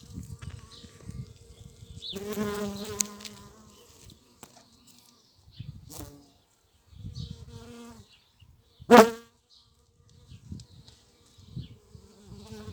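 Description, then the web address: Bee flight buzzes: a louder buzz of about two seconds, then several softer buzzes and one brief loud burst. Bees and mason bees buzzing in flight. "Vols Bourdnabeilles 220507-Abeillesetosmie"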